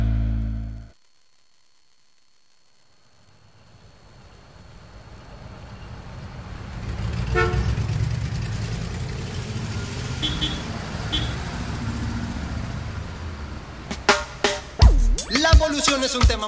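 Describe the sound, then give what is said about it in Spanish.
After a moment of silence, a steady low rumble of Buenos Aires city traffic on a rainy Friday afternoon swells up, with engines droning and a few sharp, bright car horn honks bursting out near the end. “Bueno, es el tránsito de la ciudad de Buenos Aires, que viernes por la tarde, lluvia, qué bolón, que Buenos Aires no se puede transitar.”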